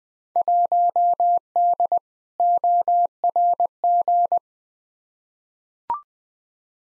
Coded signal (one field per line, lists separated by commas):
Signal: Morse code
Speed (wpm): 20 wpm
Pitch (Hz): 700 Hz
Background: none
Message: 1D ORG